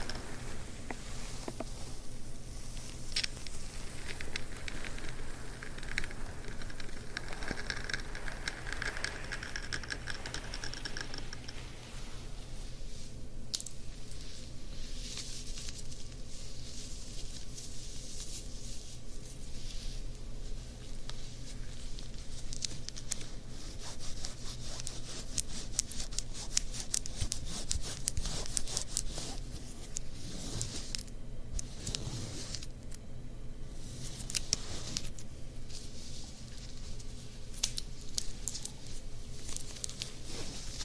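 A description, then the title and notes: Ear massage with fabric scratching: dense, continuous rubbing and scratching, softer and hazier early, turning into busier crackly strokes after about twelve seconds. ASMR Ear Massages + Fabric Scratching on 3DIO.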